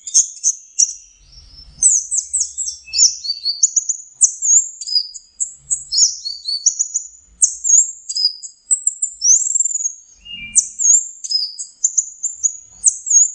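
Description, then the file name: Orange-headed thrush singing continuously with high, sharp whistles, rapid chirps and trilled flourishes in dense succession, with only faint low thumps beneath. Masteran training recording of the song. "suara masteran anis merah"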